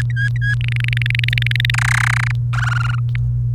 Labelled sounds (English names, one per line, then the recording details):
Domestic Canary song
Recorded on 28 April 2018 at 07:03
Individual llb3